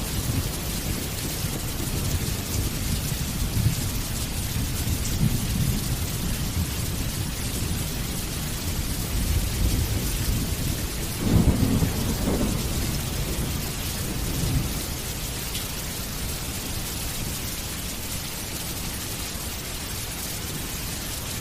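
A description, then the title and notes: Steady, dense rain patters with a low rumbling underneath, swelling briefly around twelve seconds before settling back. Rain Sounds For Sleeping Good Night. The gentle rhythm of raindrops.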